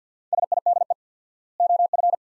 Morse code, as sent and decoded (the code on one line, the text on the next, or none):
... .. -.. . / --- ..-.
SIDE OF